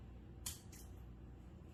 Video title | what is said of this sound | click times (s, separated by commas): How to properly secure an inmate from transport | piece and you will hear a click | 0.5 s